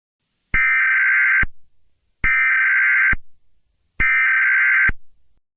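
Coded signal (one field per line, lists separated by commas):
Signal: Emergency Alert System (SAME) tones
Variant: header bursts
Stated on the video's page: Fictional EAS scenario based on the game Five Nights at Freddy's, not a real alert.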